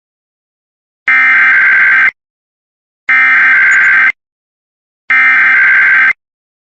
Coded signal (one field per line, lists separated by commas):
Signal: Emergency Alert System (SAME) tones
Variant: header bursts